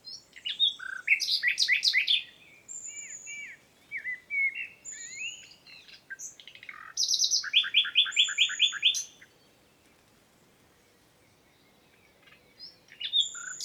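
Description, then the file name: Common nightingale song: rapid repeated chirps and trills alternating with clear whistled notes, pausing mid-phrase and resuming briefly near the end. "Luscinia megarhynchos"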